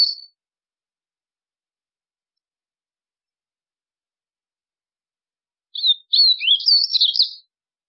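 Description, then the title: White-throated seedeater: a brief fragment of song, then long silence, then one full phrase of high, quick chirps and slurred notes. "Canto Do Golinha"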